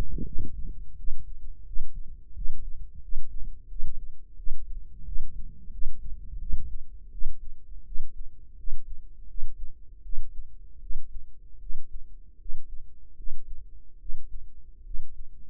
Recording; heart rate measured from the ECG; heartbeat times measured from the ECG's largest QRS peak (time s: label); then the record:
heart sounds by microphone in the right ear; 82 bpm
0.23 s: heartbeat
0.95 s: heartbeat
1.63 s: heartbeat
2.32 s: heartbeat
2.99 s: heartbeat
3.67 s: heartbeat
4.35 s: heartbeat
5.03 s: heartbeat
5.69 s: heartbeat
6.38 s: heartbeat
7.09 s: heartbeat
7.83 s: heartbeat
8.55 s: heartbeat
9.26 s: heartbeat
10.01 s: heartbeat
10.78 s: heartbeat
11.58 s: heartbeat
12.36 s: heartbeat
13.14 s: heartbeat
13.97 s: heartbeat
14.82 s: heartbeat
From the record:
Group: healthy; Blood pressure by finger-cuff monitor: 105/72 mmHg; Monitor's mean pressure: 83 mmHg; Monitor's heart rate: 86 bpm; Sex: female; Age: 19 years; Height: 163 cm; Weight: 51 kg